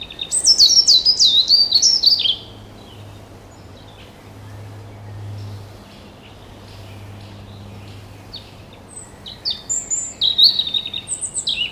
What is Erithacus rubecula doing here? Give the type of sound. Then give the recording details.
song. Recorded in the wild. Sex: male. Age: adult. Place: Mühlenbecker Wald, Brandenburg, DE. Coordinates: 52.6925, 13.3617. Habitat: forest. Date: 1988-06-04 12:41. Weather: overcast, 18-20°C, wind. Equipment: Nagra SN, Kopie Tesla B 116. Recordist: Tembrock, Günter. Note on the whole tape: Nahe Fischer-Haus (Summt). Gesang, sehr gut (Entfernung ca. 5 m)